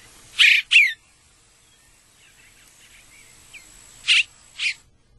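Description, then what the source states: Eastern Bluebird song: two brief notes, a pause of about three seconds, then two more similar notes. Song rendered as 'cheer, cheerful charmer' said fast; range includes Wisconsin.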